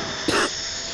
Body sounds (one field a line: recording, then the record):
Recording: coughing mixed with background sound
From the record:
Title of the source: 60 coughing still (deep and wet cough)